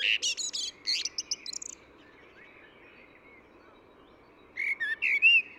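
Eurasian blackbird song: quick high twittering notes, a silence of nearly three seconds, then a few mellow whistled notes with a squeaky ending.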